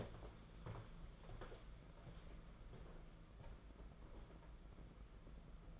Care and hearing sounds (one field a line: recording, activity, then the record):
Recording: daily activity, microphone in the room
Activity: walk to room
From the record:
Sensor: 5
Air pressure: 992.2 hPa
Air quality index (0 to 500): 214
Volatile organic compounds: 1000 ppm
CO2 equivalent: 6206 ppm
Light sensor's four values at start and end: 6/16/6/7 and 6/17/6/7